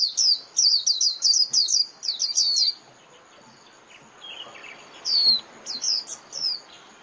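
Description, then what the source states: White-eye calls: a rapid run of high slurred chirps, a pause, then a few more spaced thin notes. Lure call used for trapping (mồi).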